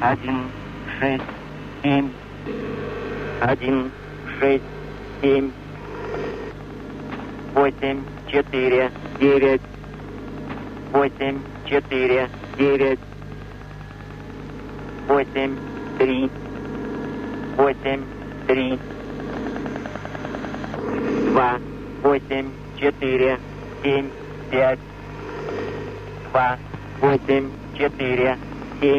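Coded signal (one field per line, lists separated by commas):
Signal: numbers station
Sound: a voice reading single digits in short evenly spaced groups over a steady hum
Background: radio hum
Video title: The Conet Project 340 - "167"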